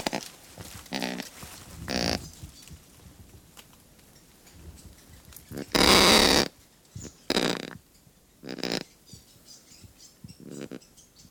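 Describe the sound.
Kakapo giving harsh, rasping squawks in short separate bursts, some grunting and nasal, with one loud broad screech near the middle and quiet gaps between calls.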